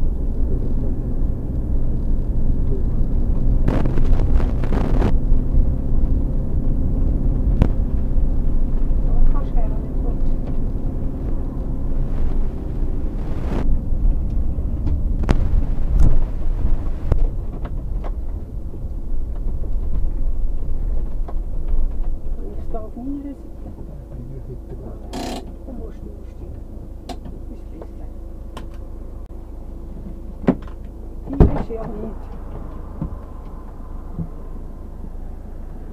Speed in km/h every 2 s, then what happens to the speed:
31, 35, 35, 35, 35, 35, 33, 25, 0, 0, 0, 0, 0, 0, 0, 0, 0, 0.
0-12 steady at about 35. 12-16 brakes to 0. 16-36 standing.